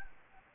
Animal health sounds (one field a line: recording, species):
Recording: mosquito wingbeat signal from an infrared sensor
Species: Anopheles gambiae